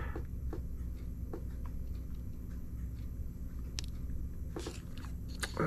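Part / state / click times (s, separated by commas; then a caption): hole jewel on cap jewel in a watch shock setting / not seated / none. A watchmaker presses an oiled hole jewel onto the cap jewel in a watch shock setting, expecting the assembly to snap in. Over a low, steady background hum there are only a few faint, brief ticks, and nothing has seated or clicked yet; the jewel does not snap into its setting.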